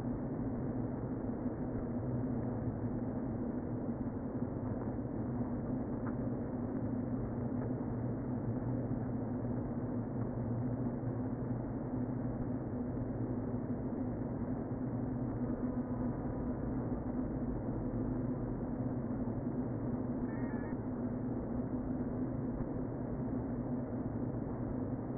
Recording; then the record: honeybee colony, microphone inside the hive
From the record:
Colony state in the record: queen present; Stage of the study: before two queens were removed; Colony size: about 60,000 bees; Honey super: yes